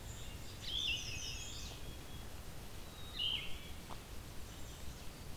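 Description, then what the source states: Yellow-throated Vireo giving two rough, slurred song phrases about two and a half seconds apart, over low background noise. Not a frequent singer; its song is likened to a Red-eyed Vireo with a sore throat. Forest edge beside a field with transition meadow, next to a quarry.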